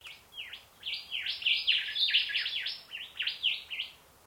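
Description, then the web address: Bird calls: a rapid run of sharp, down-slurred chirps, roughly four per second, rising and falling in loudness over a soft steady background hiss. Bird of unidentified species recorded in mangroves. "Sound Effects-Foundation 1 BIRD UNKNOWN MAGROVES 06 CALL"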